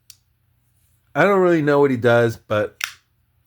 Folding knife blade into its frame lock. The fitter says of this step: Did you hear that click?